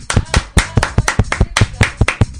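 Applause in brisk, steady hand claps, around a dozen sharp slaps in quick even rhythm, fairly loud and crisp with no voices over them.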